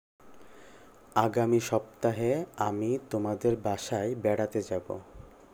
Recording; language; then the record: elicited speech; Bengali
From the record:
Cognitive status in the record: cognitively healthy